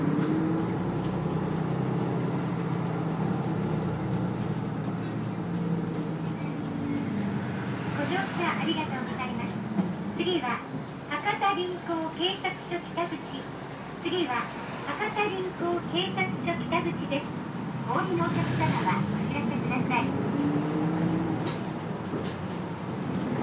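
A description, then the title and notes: A steady low engine rumble fills the inside of a bus for the whole recording, with a smooth hum that rises and falls slightly. From about seven seconds on, voices talk in short bursts over the drone, fading out near the end. Bus hakata.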